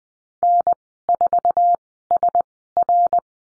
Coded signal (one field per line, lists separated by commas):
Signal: Morse code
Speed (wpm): 20 wpm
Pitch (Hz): 700 Hz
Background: none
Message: N4SR